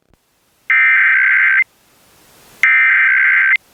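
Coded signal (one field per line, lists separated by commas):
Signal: Emergency Alert System (SAME) tones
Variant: header bursts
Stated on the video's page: Oklahoma required monthly test received from television subchannels and an HD radio station, recorded with a Tablo Quad tuner.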